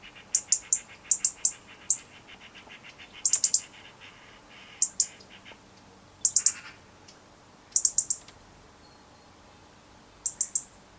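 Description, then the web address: European robin calling with rapid strings of high, dry ticks, often three or four together, over a soft pulsed chatter in the background. "SETE Erithacus rubecula"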